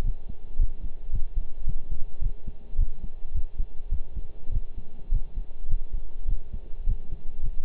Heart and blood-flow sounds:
heart sounds by stethoscope; between the tricuspid and mitral areas; 105 bpm
0.04 s: heartbeat
0.59 s: heartbeat
1.13 s: heartbeat
1.67 s: heartbeat
2.22 s: heartbeat
2.78 s: heartbeat
3.34 s: heartbeat
3.92 s: heartbeat
4.52 s: heartbeat
5.12 s: heartbeat
5.69 s: heartbeat
6.28 s: heartbeat
6.87 s: heartbeat
7.43 s: heartbeat
From the record:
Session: pedaling a stationary bicycle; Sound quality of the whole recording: partially saturated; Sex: male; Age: 23 years

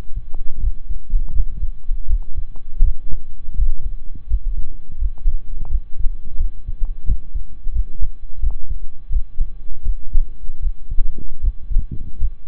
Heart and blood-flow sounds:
heart sounds by stethoscope; between the tricuspid and mitral areas; 83 bpm
0.61 s: heartbeat
1.34 s: heartbeat
2.08 s: heartbeat
2.82 s: heartbeat
3.55 s: heartbeat
4.28 s: heartbeat
5.00 s: heartbeat
5.69 s: heartbeat
6.39 s: heartbeat
7.06 s: heartbeat
7.74 s: heartbeat
8.41 s: heartbeat
9.11 s: heartbeat
9.84 s: heartbeat
10.61 s: heartbeat
11.42 s: heartbeat
12.19 s: heartbeat
From the record:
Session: slow and fast walking with breaks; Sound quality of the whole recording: saturated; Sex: male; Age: 25 years

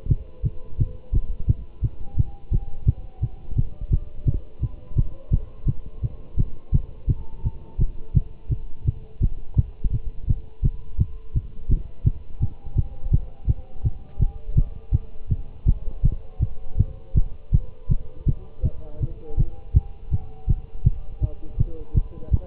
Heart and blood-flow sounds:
heart sounds by stethoscope; between the tricuspid and mitral areas; 167 bpm
0.10 s: heartbeat
0.45 s: heartbeat
0.80 s: heartbeat
1.14 s: heartbeat
1.49 s: heartbeat
1.83 s: heartbeat
2.18 s: heartbeat
2.53 s: heartbeat
2.88 s: heartbeat
3.23 s: heartbeat
3.57 s: heartbeat
3.92 s: heartbeat
4.27 s: heartbeat
4.63 s: heartbeat
4.97 s: heartbeat
5.32 s: heartbeat
5.68 s: heartbeat
6.03 s: heartbeat
6.38 s: heartbeat
6.74 s: heartbeat
7.09 s: heartbeat
7.45 s: heartbeat
7.80 s: heartbeat
8.16 s: heartbeat
8.51 s: heartbeat
8.87 s: heartbeat
9.22 s: heartbeat
9.58 s: heartbeat
9.93 s: heartbeat
10.29 s: heartbeat
10.64 s: heartbeat
11.00 s: heartbeat
11.35 s: heartbeat
11.70 s: heartbeat
12.06 s: heartbeat
12.42 s: heartbeat
12.77 s: heartbeat
13.13 s: heartbeat
13.49 s: heartbeat
13.85 s: heartbeat
14.21 s: heartbeat
14.57 s: heartbeat
14.93 s: heartbeat
15.30 s: heartbeat
15.67 s: heartbeat
16.04 s: heartbeat
16.41 s: heartbeat
16.79 s: heartbeat
17.16 s: heartbeat
17.53 s: heartbeat
17.90 s: heartbeat
18.28 s: heartbeat
18.65 s: heartbeat
19.02 s: heartbeat
19.38 s: heartbeat
19.75 s: heartbeat
20.12 s: heartbeat
20.49 s: heartbeat
20.85 s: heartbeat
21.23 s: heartbeat
21.59 s: heartbeat
21.96 s: heartbeat
22.33 s: heartbeat
From the record:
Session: Bruce protocol treadmill stress test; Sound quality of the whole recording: good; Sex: male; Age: 25 years

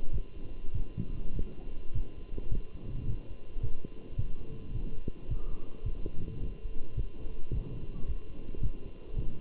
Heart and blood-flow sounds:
heart sounds by stethoscope; between the tricuspid and mitral areas; 106 bpm
0.13 s: heartbeat
0.75 s: heartbeat
1.35 s: heartbeat
1.95 s: heartbeat
2.52 s: heartbeat
3.08 s: heartbeat
3.63 s: heartbeat
4.19 s: heartbeat
4.75 s: heartbeat
5.30 s: heartbeat
5.86 s: heartbeat
6.42 s: heartbeat
6.97 s: heartbeat
7.53 s: heartbeat
8.08 s: heartbeat
8.63 s: heartbeat
9.18 s: heartbeat
From the record:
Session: walking at 3.7 km/h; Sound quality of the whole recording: good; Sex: male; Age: 27 years

